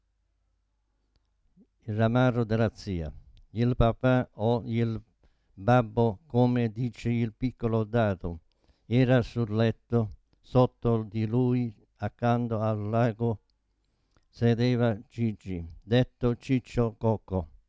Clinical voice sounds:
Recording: read passage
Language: Italian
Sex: male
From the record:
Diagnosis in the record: Parkinson's disease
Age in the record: 72 years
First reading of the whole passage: 118 s, 4.4 characters per second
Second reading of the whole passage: 99 s, 5.2 characters per second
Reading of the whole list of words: 88 s, 3.2 characters per second

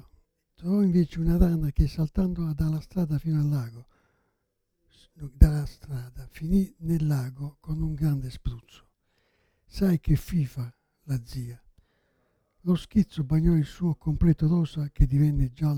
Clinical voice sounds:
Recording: read passage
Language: Italian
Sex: male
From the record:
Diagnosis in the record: Parkinson's disease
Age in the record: 77 years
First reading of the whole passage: 65 s, 8.0 characters per second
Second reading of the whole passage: 61 s, 8.5 characters per second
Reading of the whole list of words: 50 s, 5.6 characters per second

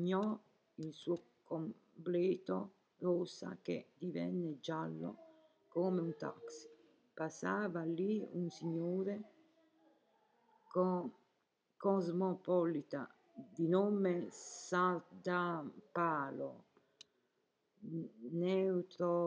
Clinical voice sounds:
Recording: read passage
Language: Italian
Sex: female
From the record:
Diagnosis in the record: healthy control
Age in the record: 70 years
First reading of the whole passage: 149 s, 3.0 characters per second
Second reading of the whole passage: 105 s, 4.4 characters per second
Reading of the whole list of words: 65 s, 4.0 characters per second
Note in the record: marked for poor recording quality or reading difficulty

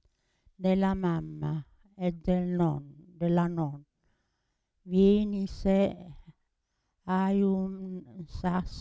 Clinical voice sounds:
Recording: read passage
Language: Italian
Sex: female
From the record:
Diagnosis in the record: Parkinson's disease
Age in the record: 80 years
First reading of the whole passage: 169 s, 3.1 characters per second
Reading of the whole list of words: 101 s, 2.8 characters per second

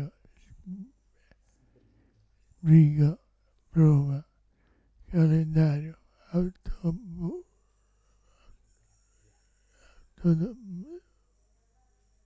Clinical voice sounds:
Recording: read list of words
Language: Italian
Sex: male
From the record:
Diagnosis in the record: Parkinson's disease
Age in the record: 65 years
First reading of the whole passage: 164 s, 3.2 characters per second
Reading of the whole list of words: 151 s, 1.9 characters per second

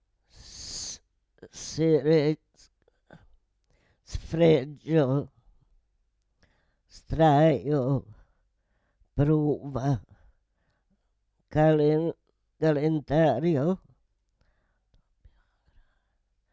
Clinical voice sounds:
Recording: read list of words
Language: Italian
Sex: female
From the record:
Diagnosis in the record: Parkinson's disease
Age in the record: 78 years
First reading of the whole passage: 164 s, 3.2 characters per second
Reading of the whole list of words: 108 s, 2.6 characters per second

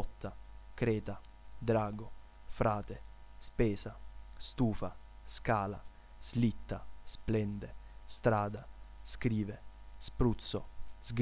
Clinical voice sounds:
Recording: read list of words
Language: Italian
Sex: male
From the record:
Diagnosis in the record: healthy control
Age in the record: 20 years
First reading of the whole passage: 40 s, 12.9 characters per second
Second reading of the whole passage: 40 s, 12.9 characters per second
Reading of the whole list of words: 47 s, 6.0 characters per second

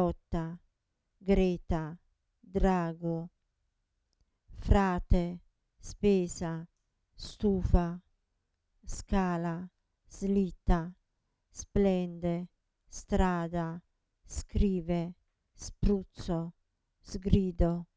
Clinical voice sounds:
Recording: read list of words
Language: Italian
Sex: female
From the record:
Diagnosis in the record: Parkinson's disease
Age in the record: 67 years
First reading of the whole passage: 79 s, 6.5 characters per second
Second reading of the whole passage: 74 s, 7.0 characters per second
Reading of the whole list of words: 72 s, 3.9 characters per second

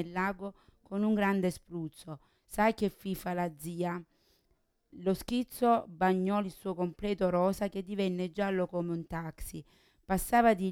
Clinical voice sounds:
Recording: read passage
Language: Italian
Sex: female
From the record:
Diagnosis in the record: Parkinson's disease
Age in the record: 40 years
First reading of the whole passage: 61 s, 7.8 characters per second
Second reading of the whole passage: 52 s, 9.9 characters per second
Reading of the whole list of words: 55 s, 5.1 characters per second

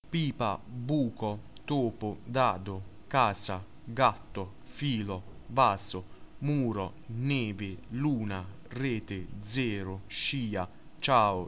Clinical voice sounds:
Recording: read list of words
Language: Italian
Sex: male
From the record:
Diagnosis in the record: healthy control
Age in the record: 19 years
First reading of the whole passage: 43 s, 12.0 characters per second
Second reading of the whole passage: 41 s, 12.5 characters per second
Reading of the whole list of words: 37 s, 7.7 characters per second

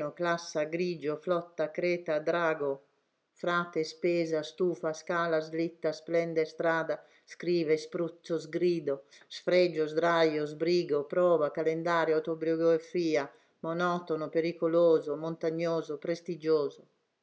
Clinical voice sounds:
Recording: read list of words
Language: Italian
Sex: female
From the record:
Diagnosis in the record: healthy control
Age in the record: 69 years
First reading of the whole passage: 64 s, 7.9 characters per second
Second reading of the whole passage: 54 s, 9.5 characters per second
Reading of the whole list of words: 33 s, 8.4 characters per second

